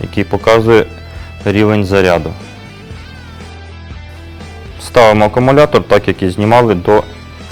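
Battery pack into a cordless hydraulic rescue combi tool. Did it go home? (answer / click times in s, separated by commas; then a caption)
no / none. A man talks over background music while the rechargeable battery pack of a Weber Rescue Systems SPS 270 MK2 E FORCE3 cordless electro-hydraulic rescue combi tool is handled, about to be pushed back in the same way it was removed. Nothing has seated or clicked yet.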